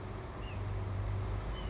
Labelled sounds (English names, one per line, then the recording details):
White-breasted Nuthatch
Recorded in Sonoma County, California